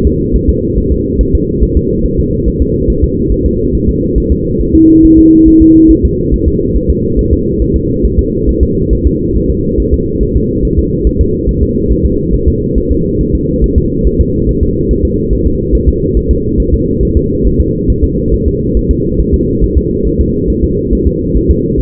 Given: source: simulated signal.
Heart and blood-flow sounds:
fetal heart sounds
0.07 s: S2
0.36 s: S1
0.49 s: S2
0.78 s: S1
0.92 s: S2
1.21 s: S1
1.35 s: S2
1.63 s: S1
1.77 s: S2
2.06 s: S1
2.20 s: S2
2.48 s: S1
2.62 s: S2
2.90 s: S1
3.04 s: S2
3.32 s: S1
3.46 s: S2
3.75 s: S1
3.89 s: S2
4.18 s: S1
4.32 s: S2
4.61 s: S1
4.75 s: S2
5.05 s: S1
5.19 s: S2
5.48 s: S1
5.62 s: S2
5.91 s: S1
6.05 s: S2
6.34 s: S1
6.48 s: S2
6.76 s: S1
6.90 s: S2
7.19 s: S1
7.33 s: S2
7.62 s: S1
7.76 s: S2
8.05 s: S1
8.19 s: S2
8.49 s: S1
8.63 s: S2
8.93 s: S1
9.07 s: S2
9.37 s: S1
9.50 s: S2
9.80 s: S1
9.94 s: S2
10.23 s: S1
10.37 s: S2
10.65 s: S1
10.79 s: S2
11.07 s: S1
11.21 s: S2
11.49 s: S1
11.63 s: S2
11.92 s: S1
12.05 s: S2
12.34 s: S1
12.48 s: S2
12.78 s: S1
12.92 s: S2
13.21 s: S1
13.35 s: S2
13.64 s: S1
13.78 s: S2
14.07 s: S1
14.21 s: S2
14.49 s: S1
14.63 s: S2
14.91 s: S1
15.05 s: S2
15.33 s: S1
15.47 s: S2
15.75 s: S1
15.89 s: S2
16.17 s: S1
16.31 s: S2
16.60 s: S1
16.74 s: S2
17.03 s: S1
17.17 s: S2
17.47 s: S1
17.61 s: S2
17.90 s: S1
18.04 s: S2
18.34 s: S1
18.48 s: S2
18.77 s: S1
18.91 s: S2
19.20 s: S1
19.34 s: S2
19.64 s: S1
19.78 s: S2
20.07 s: S1
20.21 s: S2
20.50 s: S1
20.64 s: S2
20.93 s: S1
21.07 s: S2
21.37 s: S1
21.51 s: S2
21.80 s: S1
From the record:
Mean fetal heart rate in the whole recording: 140 bpm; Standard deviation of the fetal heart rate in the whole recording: 2 bpm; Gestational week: 34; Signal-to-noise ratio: -10.2 dB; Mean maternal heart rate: 72 bpm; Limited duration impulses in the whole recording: present

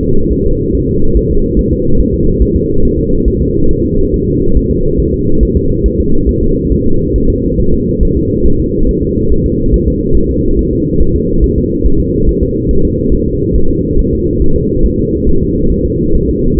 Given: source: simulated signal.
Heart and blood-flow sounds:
fetal heart sounds
0.03 s: S2
0.32 s: S1
0.46 s: S2
0.75 s: S1
0.89 s: S2
1.17 s: S1
1.31 s: S2
1.59 s: S1
1.73 s: S2
2.00 s: S1
2.14 s: S2
2.42 s: S1
2.56 s: S2
2.85 s: S1
2.99 s: S2
3.28 s: S1
3.42 s: S2
3.71 s: S1
3.85 s: S2
4.14 s: S1
4.28 s: S2
4.57 s: S1
4.71 s: S2
5.00 s: S1
5.14 s: S2
5.43 s: S1
5.57 s: S2
5.86 s: S1
6.00 s: S2
6.29 s: S1
6.43 s: S2
6.72 s: S1
6.86 s: S2
7.16 s: S1
7.30 s: S2
7.60 s: S1
7.74 s: S2
8.03 s: S1
8.17 s: S2
8.46 s: S1
8.60 s: S2
8.89 s: S1
9.03 s: S2
9.32 s: S1
9.46 s: S2
9.74 s: S1
9.88 s: S2
10.17 s: S1
10.31 s: S2
10.59 s: S1
10.73 s: S2
11.01 s: S1
11.15 s: S2
11.44 s: S1
11.58 s: S2
11.86 s: S1
12.00 s: S2
12.29 s: S1
12.43 s: S2
12.71 s: S1
12.85 s: S2
13.14 s: S1
13.27 s: S2
13.56 s: S1
13.70 s: S2
13.99 s: S1
14.13 s: S2
14.42 s: S1
14.56 s: S2
14.86 s: S1
14.99 s: S2
15.29 s: S1
15.43 s: S2
15.72 s: S1
15.86 s: S2
16.15 s: S1
16.29 s: S2
16.59 s: S1
From the record:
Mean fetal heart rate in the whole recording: 140 bpm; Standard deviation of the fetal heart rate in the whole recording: 2 bpm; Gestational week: 34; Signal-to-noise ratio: -17.7 dB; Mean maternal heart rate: 72 bpm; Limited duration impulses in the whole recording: present

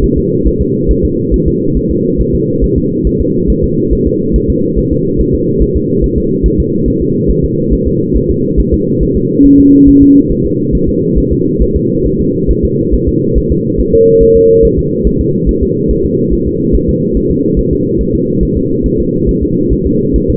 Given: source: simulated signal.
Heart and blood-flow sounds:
fetal heart sounds
0.04 s: S1
0.18 s: S2
0.47 s: S1
0.61 s: S2
0.91 s: S1
1.05 s: S2
1.34 s: S1
1.48 s: S2
1.77 s: S1
1.91 s: S2
2.21 s: S1
2.35 s: S2
2.64 s: S1
2.78 s: S2
3.07 s: S1
3.21 s: S2
3.50 s: S1
3.64 s: S2
3.93 s: S1
4.07 s: S2
4.36 s: S1
4.50 s: S2
4.79 s: S1
4.93 s: S2
5.21 s: S1
5.35 s: S2
5.62 s: S1
5.76 s: S2
6.04 s: S1
6.18 s: S2
6.46 s: S1
6.60 s: S2
6.88 s: S1
7.02 s: S2
7.30 s: S1
7.45 s: S2
7.73 s: S1
7.87 s: S2
8.16 s: S1
8.30 s: S2
8.60 s: S1
8.74 s: S2
9.03 s: S1
9.17 s: S2
9.46 s: S1
9.60 s: S2
9.88 s: S1
10.03 s: S2
10.31 s: S1
10.46 s: S2
10.75 s: S1
10.89 s: S2
11.18 s: S1
11.32 s: S2
11.62 s: S1
11.76 s: S2
12.06 s: S1
12.21 s: S2
12.51 s: S1
12.65 s: S2
12.94 s: S1
13.09 s: S2
13.38 s: S1
13.52 s: S2
13.80 s: S1
13.94 s: S2
14.23 s: S1
14.37 s: S2
14.65 s: S1
14.79 s: S2
15.07 s: S1
15.21 s: S2
15.49 s: S1
15.63 s: S2
15.91 s: S1
16.05 s: S2
16.33 s: S1
16.48 s: S2
16.75 s: S1
16.89 s: S2
17.17 s: S1
17.31 s: S2
17.59 s: S1
17.73 s: S2
18.01 s: S1
18.15 s: S2
18.43 s: S1
18.57 s: S2
18.86 s: S1
19.00 s: S2
19.29 s: S1
19.43 s: S2
19.73 s: S1
19.87 s: S2
20.16 s: S1
20.30 s: S2
From the record:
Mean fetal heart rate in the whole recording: 140 bpm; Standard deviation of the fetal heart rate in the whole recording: 2 bpm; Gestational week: 34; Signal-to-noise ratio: -11.2 dB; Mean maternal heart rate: 72 bpm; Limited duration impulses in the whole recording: present

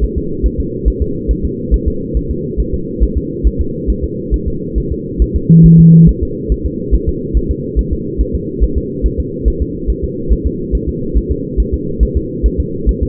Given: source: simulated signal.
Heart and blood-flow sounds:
fetal heart sounds
0.04 s: S1
0.18 s: S2
0.46 s: S1
0.60 s: S2
0.88 s: S1
1.02 s: S2
1.31 s: S1
1.45 s: S2
1.74 s: S1
1.88 s: S2
2.17 s: S1
2.31 s: S2
2.60 s: S1
2.74 s: S2
3.03 s: S1
3.18 s: S2
3.47 s: S1
3.61 s: S2
3.90 s: S1
4.04 s: S2
4.34 s: S1
4.48 s: S2
4.78 s: S1
4.92 s: S2
5.22 s: S1
5.36 s: S2
5.66 s: S1
5.80 s: S2
6.09 s: S1
6.23 s: S2
6.52 s: S1
6.66 s: S2
6.95 s: S1
7.09 s: S2
7.37 s: S1
7.51 s: S2
7.79 s: S1
7.93 s: S2
8.21 s: S1
8.35 s: S2
8.63 s: S1
8.78 s: S2
9.06 s: S1
9.20 s: S2
9.48 s: S1
9.62 s: S2
9.90 s: S1
10.04 s: S2
10.33 s: S1
10.47 s: S2
10.75 s: S1
10.89 s: S2
11.17 s: S1
11.31 s: S2
11.60 s: S1
11.74 s: S2
12.03 s: S1
12.17 s: S2
12.46 s: S1
12.60 s: S2
12.89 s: S1
13.03 s: S2
From the record:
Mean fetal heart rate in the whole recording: 140 bpm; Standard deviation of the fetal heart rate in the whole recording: 2 bpm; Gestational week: 34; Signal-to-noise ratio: -6.6 dB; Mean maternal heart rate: 72 bpm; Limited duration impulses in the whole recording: present

